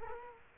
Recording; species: mosquito wingbeat signal from an infrared sensor; Culex quinquefasciatus